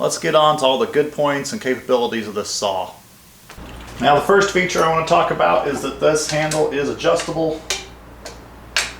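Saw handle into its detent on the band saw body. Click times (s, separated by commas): 8.8 s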